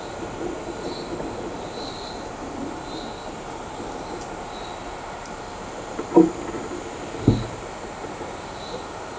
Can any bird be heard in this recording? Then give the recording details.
no. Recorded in shrubland near Pivijay, Magdalena, Colombia, on 13 April 2023 at 14:00. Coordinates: 10.453, -74.365. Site P5-G022